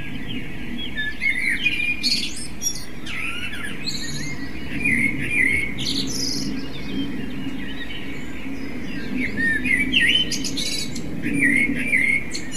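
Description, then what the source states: Common blackbird singing warbled phrases with high scratchy notes, a few phrases over a continuous low background rumble. Recorded with an MZ-N 710 device.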